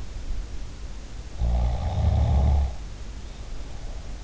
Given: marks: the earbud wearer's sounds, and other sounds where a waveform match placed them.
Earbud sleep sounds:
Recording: sounds in sleep by an in-ear microphone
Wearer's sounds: snoring breath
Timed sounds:
1.28-4.16 s: snoring breath

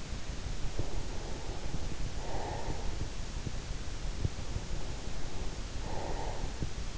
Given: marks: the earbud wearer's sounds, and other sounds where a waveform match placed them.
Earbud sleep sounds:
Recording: sounds in sleep by an in-ear microphone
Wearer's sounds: breath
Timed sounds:
0.36-2.96 s: breath
4.39-6.98 s: breath

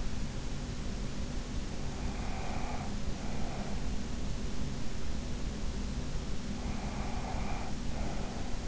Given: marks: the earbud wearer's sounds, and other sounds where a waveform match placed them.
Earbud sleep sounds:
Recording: sounds in sleep by an in-ear microphone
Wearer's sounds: breath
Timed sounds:
1.99-4.05 s: breath
6.62-8.68 s: breath

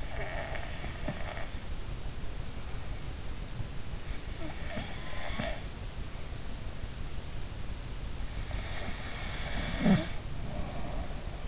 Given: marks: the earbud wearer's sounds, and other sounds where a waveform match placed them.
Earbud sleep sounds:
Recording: sounds in sleep by an in-ear microphone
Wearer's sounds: snoring breath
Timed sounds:
0.00-1.67 s: snoring breath
4.27-6.53 s: snoring breath
8.45-11.48 s: snoring breath

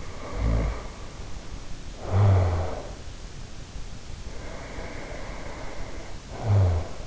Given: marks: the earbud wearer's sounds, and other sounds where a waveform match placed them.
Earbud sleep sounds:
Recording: sounds in sleep by an in-ear microphone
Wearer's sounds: snoring breath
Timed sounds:
0.02-1.10 s: snoring breath
2.01-3.11 s: snoring breath
4.15-7.07 s: snoring breath

